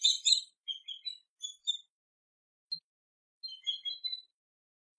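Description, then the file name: Swallow-tailed kite calls: a quick cluster of shrill, high chirps at the start, then scattered thin notes after a pause. "Canto do Gaviao tesoura"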